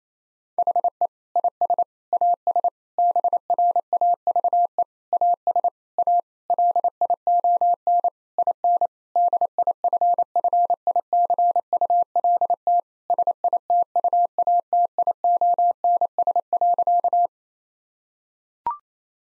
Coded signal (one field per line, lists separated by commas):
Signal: Morse code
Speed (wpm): 28 wpm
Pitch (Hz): 700 Hz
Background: none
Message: HE IS AS BRAVE AS A LION IN DIFFICULT SITUATIONS.